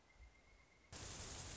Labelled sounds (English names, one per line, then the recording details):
Pileated Woodpecker
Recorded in Sonoma County, California